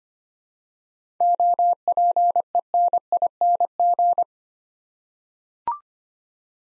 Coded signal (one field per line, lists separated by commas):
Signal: Morse code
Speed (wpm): 25 wpm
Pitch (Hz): 700 Hz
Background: none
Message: OPENING